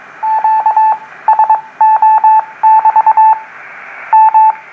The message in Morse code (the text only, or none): QSO<BT> M